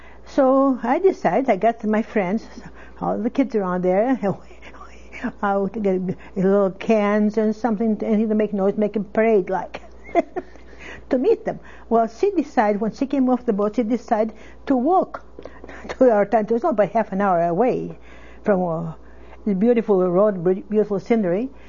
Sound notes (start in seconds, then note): 4.2 she laughs; 9.7 she laughs